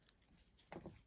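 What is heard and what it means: After the bearing is lined up in the bushing and the side pieces are aligned, the internal gear assembly of a Shimano Spheros 5000FA spinning reel is pressed into its metal/plastic body. It snaps into place with a sharp click at 0.7 s, followed by a fainter second click at about 0.9 s. The assembly ends up seated nice and snug.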